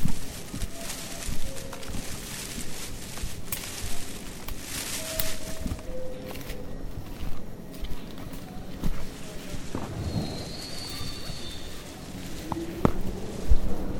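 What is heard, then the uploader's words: A rainforest hike in Tambopata, Peru, with a steady hiss of insects, scattered bird calls, brief voices, and a high whistle near ten seconds. Hike in Tambopata Reserve rainforest, Peru.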